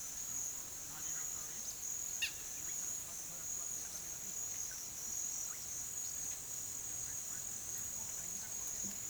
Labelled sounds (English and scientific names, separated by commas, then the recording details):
none
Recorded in pastures near Puerto Asís, Putumayo, Colombia, on 19 June 2025 at 17:00
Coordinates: 0.487, -76.322
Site H26